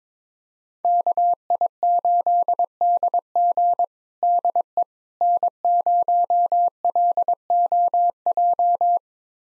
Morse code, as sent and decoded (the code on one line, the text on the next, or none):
-.- .. ---.. -.. --. / -.. . / -. ----- .-.. --- .---
KI8DG DE N0LOJ